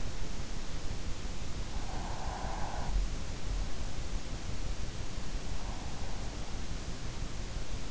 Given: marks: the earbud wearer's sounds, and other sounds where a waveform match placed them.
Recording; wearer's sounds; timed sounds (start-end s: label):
sounds in sleep by an in-ear microphone; breath
1.69-3.17 s: breath